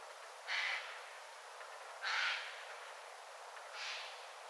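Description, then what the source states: Eurasian jay giving three faint, rasping, breathy bursts spaced roughly every one and a half seconds, with low steady background hiss. Jays giving attention calls in a somewhat unusual tone of voice; recorded 6 November 2025.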